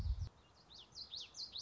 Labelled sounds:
Common Yellowthroat (Geothlypis trichas)
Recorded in Sonoma County, California

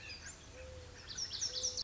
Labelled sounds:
Mourning Dove (Zenaida macroura)
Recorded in Sonoma County, California

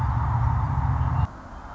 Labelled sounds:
Red-winged Blackbird (Agelaius phoeniceus)
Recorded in Sonoma County, California

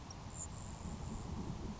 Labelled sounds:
Grasshopper Sparrow (Ammodramus savannarum)
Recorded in Sonoma County, California

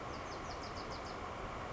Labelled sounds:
Bewick's Wren (Thryomanes bewickii)
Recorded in Sonoma County, California

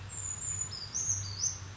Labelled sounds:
Brown Creeper (Certhia americana)
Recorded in Sonoma County, California

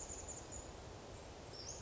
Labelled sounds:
Western Flycatcher (Empidonax difficilis)
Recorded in Sonoma County, California

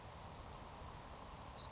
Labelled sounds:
Savannah Sparrow (Passerculus sandwichensis)
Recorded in Sonoma County, California

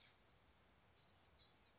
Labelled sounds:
Blue-gray Gnatcatcher (Polioptila caerulea)
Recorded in Sonoma County, California

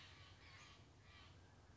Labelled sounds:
Western Flycatcher (Empidonax difficilis)
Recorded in Sonoma County, California

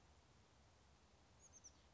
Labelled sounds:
Oak Titmouse (Baeolophus inornatus)
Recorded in Sonoma County, California

